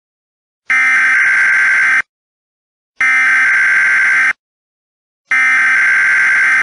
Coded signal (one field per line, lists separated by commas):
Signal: Emergency Alert System (SAME) tones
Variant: header bursts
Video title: Black Hole (We are totally screwed) EAS